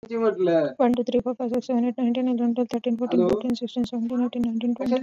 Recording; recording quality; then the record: counting at a fast pace; excellent, no background noise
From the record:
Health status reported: healthy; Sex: female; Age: 26 years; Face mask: not worn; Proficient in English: yes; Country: India